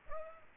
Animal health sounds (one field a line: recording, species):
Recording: mosquito wingbeat signal from an infrared sensor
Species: Aedes aegypti